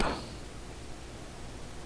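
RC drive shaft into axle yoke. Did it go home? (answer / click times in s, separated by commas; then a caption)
no / none. An RC drive shaft on an SCX24 with an aluminum axle case is being lined back up with the axle yoke before it is pushed home. A brief bright scrape is heard at the very start, fading within about 0.2 seconds into quiet, steady low handling noise. Nothing has snapped or clicked into place yet.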